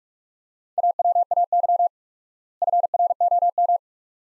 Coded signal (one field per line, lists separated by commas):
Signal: Morse code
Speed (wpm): 43 wpm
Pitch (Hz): 700 Hz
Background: none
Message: AWAY FROM